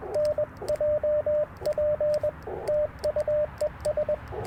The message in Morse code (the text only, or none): NJP TU ES